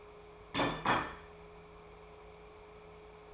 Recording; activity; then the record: daily activity, microphone in the room; place plate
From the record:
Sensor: 1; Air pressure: 1015.1 hPa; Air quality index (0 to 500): 200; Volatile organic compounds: 25 ppm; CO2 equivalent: 2830 ppm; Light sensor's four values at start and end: 28/70/30/36 and 28/71/30/36